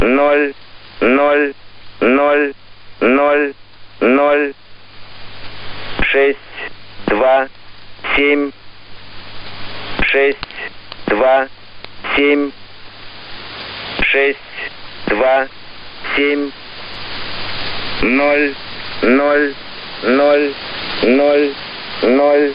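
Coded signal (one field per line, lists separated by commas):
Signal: numbers station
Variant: S06, Russian language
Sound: male voice reading short single words at a steady pace, about twenty in total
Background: radio static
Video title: 05 07 2019 S06 Russian Man Numbers station in Russian 2000 on 9336 unknown tx site in CUSB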